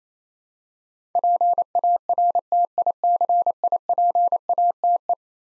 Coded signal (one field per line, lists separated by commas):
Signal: Morse code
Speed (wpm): 28 wpm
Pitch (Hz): 700 Hz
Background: none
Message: PARTICIPATE